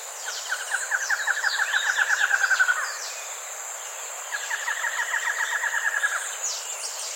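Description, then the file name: Bird calling with two trills of rapid pulses separated by a short gap, with high twittering and a steady whine. "SABIOD 50 bird 2015"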